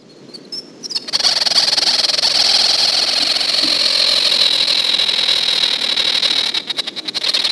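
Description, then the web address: Least grebe giving one long, sustained high-pitched trill that runs for several seconds before breaking into looser pulses near the end. "Peterson North American Birds. legr"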